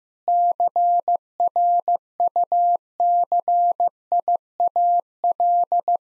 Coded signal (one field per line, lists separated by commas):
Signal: Morse code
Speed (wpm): 16 wpm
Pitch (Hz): 700 Hz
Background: none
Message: CRUCIAL